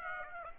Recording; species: mosquito wingbeat signal from an infrared sensor; Aedes aegypti